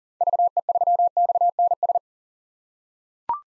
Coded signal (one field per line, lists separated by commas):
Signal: Morse code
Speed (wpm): 40 wpm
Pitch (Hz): 700 Hz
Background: none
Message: VE3XNS